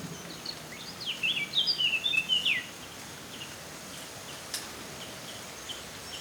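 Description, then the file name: Eurasian blackcap song, one short burst of rapid, varied warbling notes lasting about a second and a half, followed by quiet hiss with a few faint chirps. "Sylvia atricapilla"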